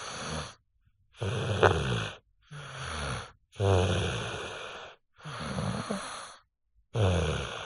Human child snoring 5 yo male deep sleep.